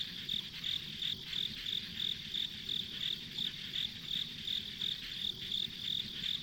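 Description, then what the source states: Insects calling in high, evenly spaced chirps, several per second, with a continuous shimmering buzz and faint low background noise. Ambient insect sounds on a country road.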